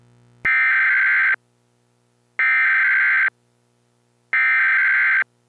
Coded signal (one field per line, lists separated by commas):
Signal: Emergency Alert System (SAME) tones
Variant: header bursts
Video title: Hurricane Frank: An EAS mock Scenario